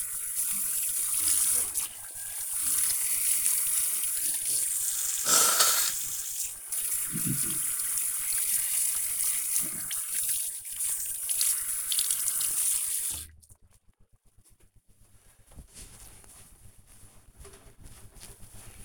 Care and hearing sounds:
household activities, microphone on the right wrist
0.00-12.88 s: washing hands

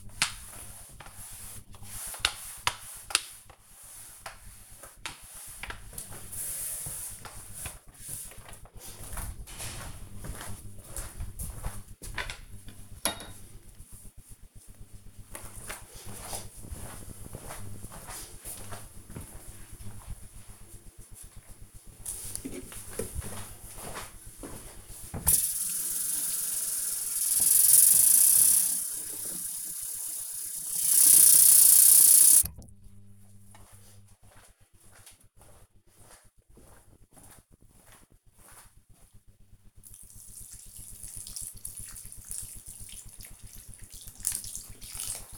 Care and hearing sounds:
household activities, microphone on the right wrist
0.00-8.63 s: floor cleaning
20.70-45.38 s: watering plant

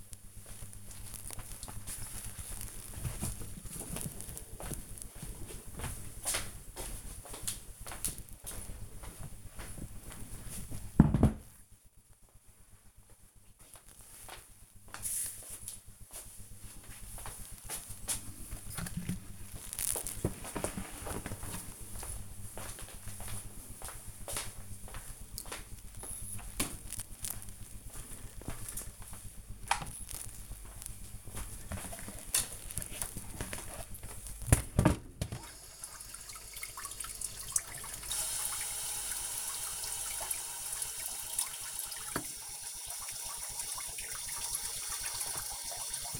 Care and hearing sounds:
household activities, microphone on the right wrist
0.00-15.83 s: tidy up the wardrobe

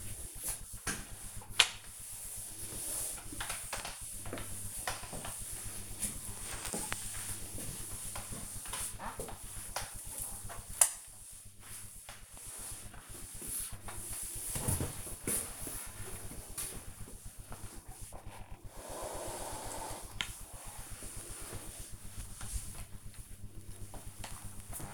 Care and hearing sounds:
household activities, microphone on the right wrist
0.00-24.94 s: floor cleaning

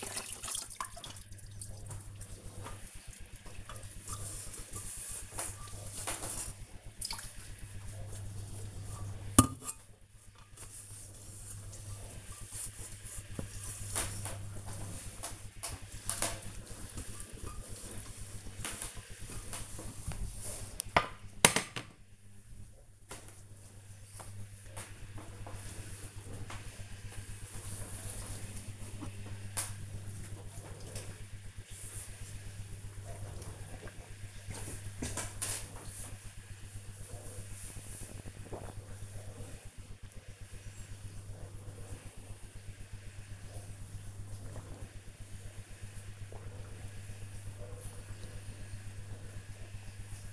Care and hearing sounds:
household activities, microphone on the right wrist
0.00-23.59 s: washing dishes
29.65-50.33 s: drinking

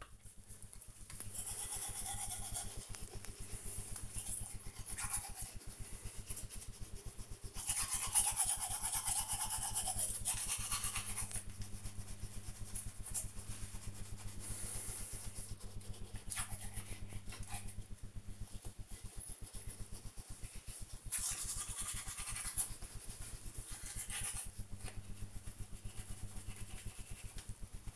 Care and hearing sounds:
household activities, microphone on the right wrist
0.00-27.96 s: brushing teeth

